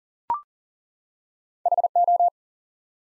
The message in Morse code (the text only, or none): HO